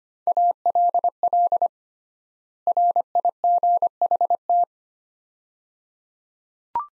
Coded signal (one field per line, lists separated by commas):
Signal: Morse code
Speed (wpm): 25 wpm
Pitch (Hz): 700 Hz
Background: none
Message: ALL RIGHT